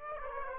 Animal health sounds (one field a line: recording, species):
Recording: mosquito wingbeat signal from an infrared sensor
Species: Aedes aegypti